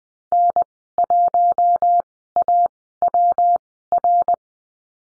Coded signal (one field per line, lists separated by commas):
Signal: Morse code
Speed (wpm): 20 wpm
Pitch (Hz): 700 Hz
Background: none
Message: N1AWR